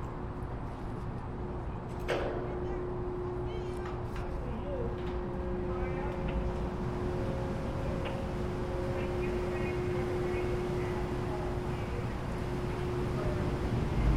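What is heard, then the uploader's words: Ferry passenger deck noise: a steady low engine rumble with a constant hum, faint voices throughout, and a sharp clank near two seconds. Bainbridge Outbound Rear Passenger Deck Board And Launch Stereo. A days' worth of round-trips on the Seattle-Bainbridge Island Ferry, nearly all short fore-and-aft from then passenger and car decks.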